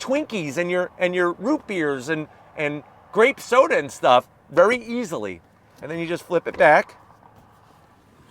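A man talks while the rear-seat pass-through flap of a 2025 Toyota Crown Signia is handled and flipped back toward the seatback. The clip ends before the flap goes home, so nothing has seated or latched yet.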